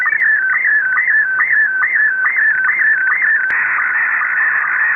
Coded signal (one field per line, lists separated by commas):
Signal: SSTV (slow-scan television)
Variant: Scottie 1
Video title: 5 cheap ways you can listen in to radio hams